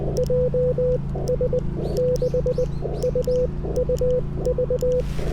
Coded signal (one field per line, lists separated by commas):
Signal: Morse code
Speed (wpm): 20 wpm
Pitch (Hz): 500 Hz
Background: none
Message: JS6UUV